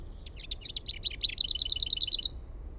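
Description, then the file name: Lesser whitethroat song opening with a soft, scratchy warble that runs into a fast, flat rattle of around ten clipped notes. "HERNEKERTTU"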